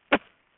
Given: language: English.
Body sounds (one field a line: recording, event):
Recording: throat vibration sensor signal played as sound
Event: cough